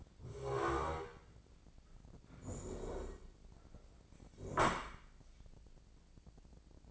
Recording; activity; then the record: daily activity, microphone in the room; stand up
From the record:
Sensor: 5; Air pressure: 1012.4 hPa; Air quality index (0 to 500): 166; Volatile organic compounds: 2 ppm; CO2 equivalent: 1127 ppm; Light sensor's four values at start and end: 264/630/270/301 and 266/634/272/303